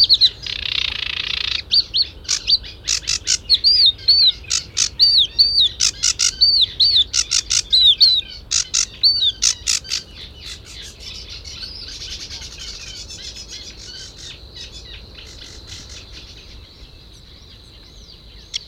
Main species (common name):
Sedge Warbler